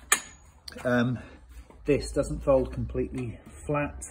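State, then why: Released. The locking folding handle at the end of a model railway display trolley is released to fold it down, giving a sharp click at 0.1 s as the lock opens. Someone then talks.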